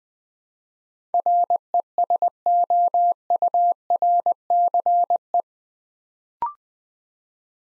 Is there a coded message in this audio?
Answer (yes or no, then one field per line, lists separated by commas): yes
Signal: Morse code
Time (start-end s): 1.1-5.4 s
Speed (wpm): 20 wpm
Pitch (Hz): 700 Hz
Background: none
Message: RESOURCE